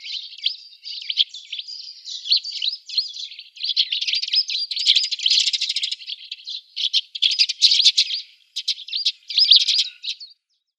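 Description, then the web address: Eurasian tree sparrow chirping: a dense, continuous chatter of overlapping high chirps and twitters for about ten seconds. "Schulze Peter Eurasian Tree Sparrow calls"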